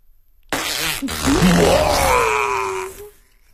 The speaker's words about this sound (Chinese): 你听啊，喇叭裤， 喇叭裤的意思就是说把屁的声音像喇叭那样放大。 太有意思了。 我要是穿着这个裤子走在街上，不小心放了一个屁， 那整条街的人都会听得见。